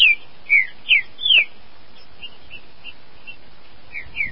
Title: Trinca Ferro